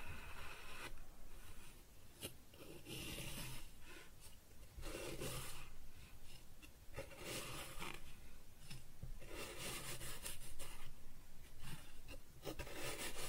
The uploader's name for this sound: Kinetic Sand Cutting and Scooping Sounds